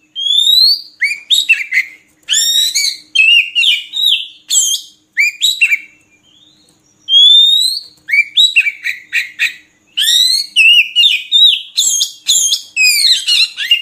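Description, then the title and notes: Oriental magpie-robin singing long bursts of rising whistles and rapid chattering notes, with a short pause midway. Song used for training caged birds to sing actively day and night. "Kacer Jadi Gacor Siang Malam. Isian Kacer Durasi Panjang"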